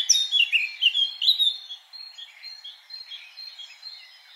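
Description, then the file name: Eurasian blackcap song, a short run of clear whistled and warbled notes in the first half, fading into quieter, thin twittering. "Sylvia atricapilla"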